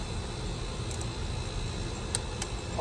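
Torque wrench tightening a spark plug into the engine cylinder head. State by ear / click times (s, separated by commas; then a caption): torque reached / 2.1 s. A torque wrench tightens a new spark plug, installed dry without grease or anti-seize, into the engine cylinder head of a 2017 Toyota Sienna. Over a steady low hum and hiss, the wrench gives a sharp click at 2.2 s, followed by a fainter tick at 2.4 s. The click confirms the plug has reached the set torque and is tight.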